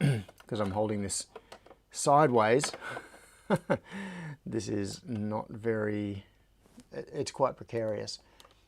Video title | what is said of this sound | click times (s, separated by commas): Home Automation Hangout 2025-10-19 | And okay, so I push it down. There it snaps into place. | 8.4 s